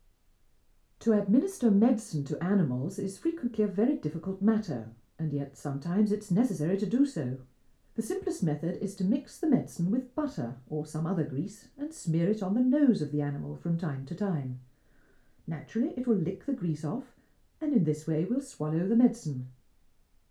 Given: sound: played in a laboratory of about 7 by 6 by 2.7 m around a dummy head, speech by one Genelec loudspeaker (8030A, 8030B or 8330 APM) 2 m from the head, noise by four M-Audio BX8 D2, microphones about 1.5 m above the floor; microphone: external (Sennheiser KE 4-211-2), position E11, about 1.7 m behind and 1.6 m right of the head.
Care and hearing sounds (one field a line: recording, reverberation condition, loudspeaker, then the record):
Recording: female speech in English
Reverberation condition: low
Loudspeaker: 120 degrees to the right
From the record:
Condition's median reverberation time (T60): about 310 ms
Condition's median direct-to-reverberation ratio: about 3.5 dB